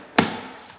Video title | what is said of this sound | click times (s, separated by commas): An Electric Car Charger Even Your Grandma can Install | the cover plate then goes on and it snaps in place according to the manual | 0.2 s